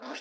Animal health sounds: pig call; piglet (1 to 25 days)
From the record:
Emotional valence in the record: negative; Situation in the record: restrain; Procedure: in the arms of a person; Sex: female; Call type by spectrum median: low-frequency call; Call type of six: low-frequency stable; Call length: 0.21 s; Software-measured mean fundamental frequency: 49 Hz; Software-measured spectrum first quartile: 587 Hz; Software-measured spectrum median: 1345 Hz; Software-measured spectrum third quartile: 2950 Hz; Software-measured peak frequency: 273 Hz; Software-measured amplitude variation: 86 dB a second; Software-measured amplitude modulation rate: 11.9 a second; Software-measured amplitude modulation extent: 7.2 dB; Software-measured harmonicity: -0.5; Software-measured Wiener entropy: -1.32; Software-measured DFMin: 520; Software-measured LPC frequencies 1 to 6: 596, 1166, 1713, 2665, 3404, 4963 Hz

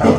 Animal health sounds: pig call; growing-finishing pig (85 days or more)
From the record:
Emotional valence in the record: positive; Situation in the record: run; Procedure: transit

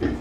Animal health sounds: pig call; growing-finishing pig (85 days or more)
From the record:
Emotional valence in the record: negative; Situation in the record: barren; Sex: female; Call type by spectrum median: low-frequency call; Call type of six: low-frequency stable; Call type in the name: low-frequency stable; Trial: 4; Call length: 0.21 s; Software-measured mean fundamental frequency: 45 Hz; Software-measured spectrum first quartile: 194 Hz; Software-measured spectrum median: 315 Hz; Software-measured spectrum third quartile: 554 Hz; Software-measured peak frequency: 285 Hz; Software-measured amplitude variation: 140 dB a second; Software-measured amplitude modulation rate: 16.5 a second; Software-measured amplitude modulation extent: 8.5 dB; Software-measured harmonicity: 1.7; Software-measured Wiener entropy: -0.70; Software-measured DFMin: 1151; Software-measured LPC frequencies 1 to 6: 346, 1793, 3181, 3958, 4934, 6451 Hz

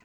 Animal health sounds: pig call; piglet (1 to 25 days)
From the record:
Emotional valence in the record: positive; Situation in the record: short reunion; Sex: male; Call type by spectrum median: low-frequency call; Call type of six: low-frequency tonal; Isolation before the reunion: 3 minutes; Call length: 0.04 s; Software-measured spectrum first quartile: 488 Hz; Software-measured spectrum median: 1379 Hz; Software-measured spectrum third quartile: 2475 Hz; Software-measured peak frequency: 222 Hz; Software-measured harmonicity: -0.2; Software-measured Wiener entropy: -0.74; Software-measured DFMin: 422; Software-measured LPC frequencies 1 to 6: 1032, 1958, 2596, 4264, 4998, 6093 Hz

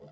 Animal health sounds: pig call; piglet (1 to 25 days)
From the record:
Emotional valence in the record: negative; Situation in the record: long isolation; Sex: female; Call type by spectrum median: low-frequency call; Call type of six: low-frequency stable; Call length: 0.11 s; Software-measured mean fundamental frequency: 51 Hz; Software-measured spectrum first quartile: 188 Hz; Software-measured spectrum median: 407 Hz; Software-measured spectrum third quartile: 589 Hz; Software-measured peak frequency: 506 Hz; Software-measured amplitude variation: 51 dB a second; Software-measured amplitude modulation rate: 13.4 a second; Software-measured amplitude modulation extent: 3.8 dB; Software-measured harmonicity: 2.2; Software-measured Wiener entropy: 0.08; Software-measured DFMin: 840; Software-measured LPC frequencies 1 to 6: 531, 3244, 4822, 5901, 7252, 8219 Hz

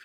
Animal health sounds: pig call; piglet (1 to 25 days)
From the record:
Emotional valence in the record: positive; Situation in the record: reunion after long isolation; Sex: male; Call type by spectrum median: low-frequency call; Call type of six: low-frequency tonal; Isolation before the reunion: 8 minutes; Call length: 0.05 s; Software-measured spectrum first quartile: 1614 Hz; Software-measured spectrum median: 2059 Hz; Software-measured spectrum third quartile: 3525 Hz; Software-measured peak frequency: 1596 Hz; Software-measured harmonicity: 3.5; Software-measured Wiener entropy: -2.06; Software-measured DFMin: 932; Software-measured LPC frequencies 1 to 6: 1528, 2582, 3362, 4520, 4932, 6190 Hz

